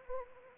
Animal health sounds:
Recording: mosquito wingbeat signal from an infrared sensor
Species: Anopheles arabiensis

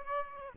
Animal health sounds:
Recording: mosquito wingbeat signal from an infrared sensor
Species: Aedes aegypti

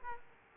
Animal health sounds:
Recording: mosquito wingbeat signal from an infrared sensor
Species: Aedes aegypti

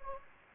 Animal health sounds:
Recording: mosquito wingbeat signal from an infrared sensor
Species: Anopheles gambiae

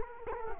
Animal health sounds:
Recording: mosquito wingbeat signal from an infrared sensor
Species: Culex quinquefasciatus

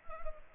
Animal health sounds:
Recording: mosquito wingbeat signal from an infrared sensor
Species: Culex pipiens

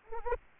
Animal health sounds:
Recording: mosquito wingbeat signal from an infrared sensor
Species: Anopheles arabiensis

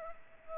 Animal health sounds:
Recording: mosquito wingbeat signal from an infrared sensor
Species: Culex pipiens

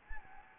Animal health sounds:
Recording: mosquito wingbeat signal from an infrared sensor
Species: Anopheles gambiae

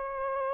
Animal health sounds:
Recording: mosquito wingbeat signal from an infrared sensor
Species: Aedes aegypti

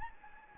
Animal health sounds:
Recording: mosquito wingbeat signal from an infrared sensor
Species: Anopheles gambiae

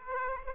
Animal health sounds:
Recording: mosquito wingbeat signal from an infrared sensor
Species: Aedes aegypti

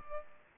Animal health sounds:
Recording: mosquito wingbeat signal from an infrared sensor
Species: Culex pipiens

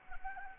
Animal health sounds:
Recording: mosquito wingbeat signal from an infrared sensor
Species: Anopheles arabiensis

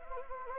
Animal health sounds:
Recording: mosquito wingbeat signal from an infrared sensor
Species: Anopheles gambiae

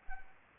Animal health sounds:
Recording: mosquito wingbeat signal from an infrared sensor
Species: Anopheles arabiensis

